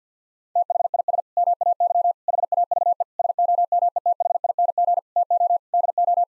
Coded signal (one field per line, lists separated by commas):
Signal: Morse code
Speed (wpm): 50 wpm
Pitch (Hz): 700 Hz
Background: none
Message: THIS MAY HAVE SOMETHING TO DO